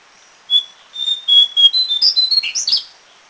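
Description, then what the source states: Lesser shortwing: a quick run of thin high whistled notes, rising in pitch and becoming more jumbled toward the end. Recorded in Thailand.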